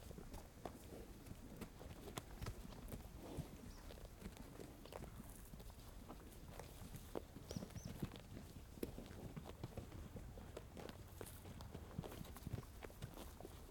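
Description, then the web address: Horse sounds: soft irregular crunching and clopping clicks, scattered and uneven, over a low steady outdoor rumble. Horse in a rural countryside farm ranch pasture, snorting, chewing and trotting. "Systematic Sound - General Ambience Series. AMBFarm Ranch Horse Pasture Snorting Chewing Trotting"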